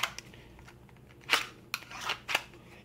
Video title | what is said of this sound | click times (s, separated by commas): Kestrel IWB Kydex Holster Glock 19 | now you hear that lockup the lockup doesn't snap like some of your other kex holsters | 1.7 s